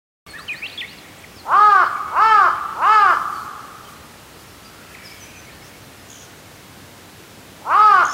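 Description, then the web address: Large-billed crow cawing: three loud, hoarse caws spaced under a second apart, then a pause and a fourth caw; faint small bird chirps early on. Recorded during a walk at Azamidani. "raivu sansaku azamidani sound bird hashibutogarasu"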